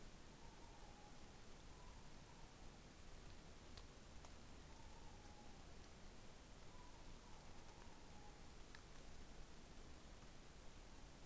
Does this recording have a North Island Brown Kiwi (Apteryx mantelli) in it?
no